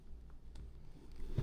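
A Cardo Packtalk Edge intercom unit is handled as its bottom pin is lined up with the cradle mounted on an Alpinestars Supertech R10 helmet. Low, muffled handling rumble runs throughout, with faint taps near 0.6 s and a heavier low thump near 1.4 s. The clip ends before the pin is pushed home, so nothing has seated or clicked yet.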